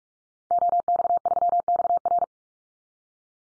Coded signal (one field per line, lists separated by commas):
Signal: Morse code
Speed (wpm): 44 wpm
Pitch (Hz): 700 Hz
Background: none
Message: OX3XR